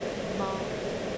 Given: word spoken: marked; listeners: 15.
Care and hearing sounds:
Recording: one English word in noise, from a listening test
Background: speech-shaped noise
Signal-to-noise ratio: -5.4 dB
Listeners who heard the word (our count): 1 of 15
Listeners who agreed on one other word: 9 of 15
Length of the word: 0.78 s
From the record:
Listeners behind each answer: 9, 1, 1, 1, 1, 1, 1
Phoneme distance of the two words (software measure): 7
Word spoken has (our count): 1 syllable, 4 phonemes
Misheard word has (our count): 1 syllable, 3 phonemes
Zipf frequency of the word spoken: 4.25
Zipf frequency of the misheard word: 5.37

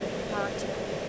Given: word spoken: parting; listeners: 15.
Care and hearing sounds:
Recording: one English word in noise, from a listening test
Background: speech-shaped noise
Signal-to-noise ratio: -5.1 dB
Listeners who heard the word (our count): 0 of 15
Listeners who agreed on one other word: 13 of 15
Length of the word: 0.69 s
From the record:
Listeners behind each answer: 13, 1, 1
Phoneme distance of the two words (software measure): 17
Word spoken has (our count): 2 syllables, 5 phonemes, stress on syllable 1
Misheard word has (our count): 2 syllables, 4 phonemes, stress on syllable 1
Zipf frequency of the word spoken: 3.46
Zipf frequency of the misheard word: 5.53

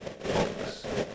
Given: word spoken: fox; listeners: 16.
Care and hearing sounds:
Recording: one English word in noise, from a listening test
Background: noise modulated by three-talker babble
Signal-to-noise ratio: -4.5 dB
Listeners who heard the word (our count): 1 of 16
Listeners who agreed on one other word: 8 of 16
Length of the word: 0.75 s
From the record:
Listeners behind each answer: 8, 3, 2, 2, 1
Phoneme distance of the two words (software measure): 10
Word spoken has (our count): 1 syllable, 4 phonemes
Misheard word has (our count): 1 syllable, 4 phonemes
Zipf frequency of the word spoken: 4.46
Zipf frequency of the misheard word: 5.12

